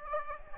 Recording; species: mosquito wingbeat signal from an infrared sensor; Aedes aegypti